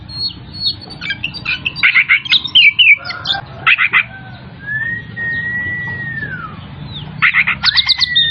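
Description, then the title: Oriental magpie-robin singing rapid harsh chattering phrases, then a long clear whistle that rises and falls, followed by more scratchy, buzzy notes. Bird singing vigorously (gacor); Tretes. "Kacer Tretes Gacor"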